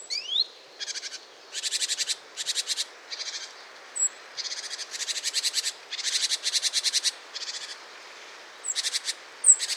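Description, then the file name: Great tit scolding: long run of harsh, buzzy pulsed churrs in quick succession, with an occasional high thin whistle. "Parus major"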